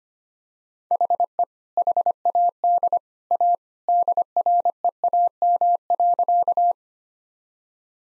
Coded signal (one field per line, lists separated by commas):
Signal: Morse code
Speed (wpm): 25 wpm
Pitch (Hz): 700 Hz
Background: none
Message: HE HAD A DREAM.